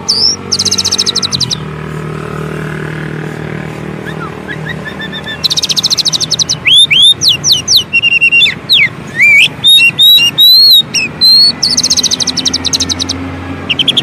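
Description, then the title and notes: Oriental magpie-robin song: rapid buzzy bursts, then from midway a quick run of loud, varied whistled notes sweeping up and down, with trills, over a low steady hum. Long-duration song used as training material (isian) to get birds singing actively (gacor) day and night. "Kacer Jadi Gacor Siang Malam. Isian Kacer Durasi Panjang"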